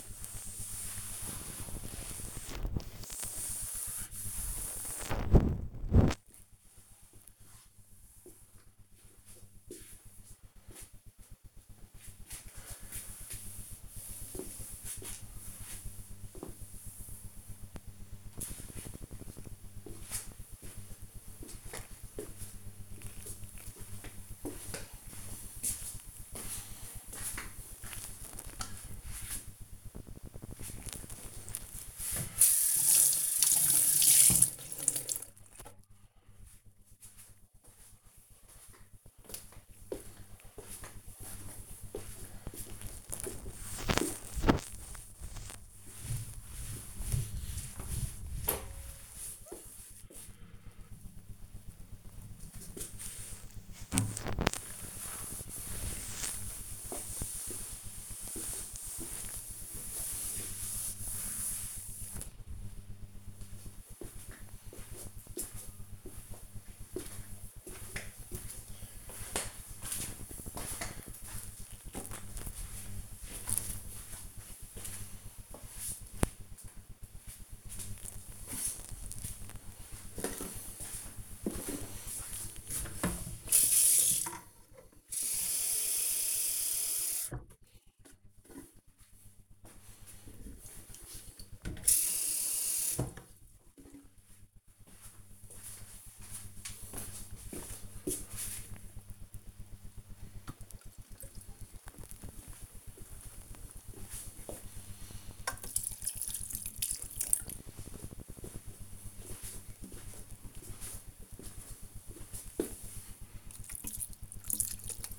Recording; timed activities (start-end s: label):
household activities, microphone on the right wrist
0.00-17.48 s: cleaning table
30.55-62.77 s: cleaning table
77.92-115.18 s: watering plant